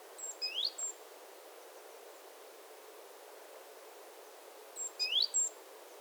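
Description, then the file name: Great tit giving a brief high figure of thin notes with a quick rising sweep, repeated once several seconds later over steady background noise. "Parus major"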